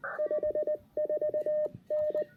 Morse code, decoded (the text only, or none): 54N